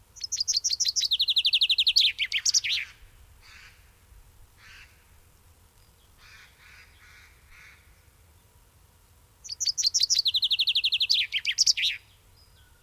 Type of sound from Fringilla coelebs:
song